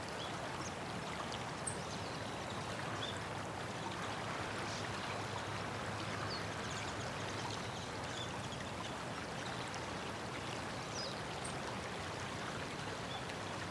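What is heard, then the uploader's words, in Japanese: A river flows past in a steady, unbroken rush of water, dense and even from start to finish with no swells or pauses. Small bright splashes or chirps flicker faintly above the wash every few seconds. 朝焼けに染まる空、流れる川を見つめる時間。鮮やかな朝焼けを背景にゆったり流れる多摩川のひとときをどうぞ。言葉なし・メロディなしの100%自然音です。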